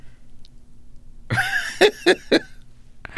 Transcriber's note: laughter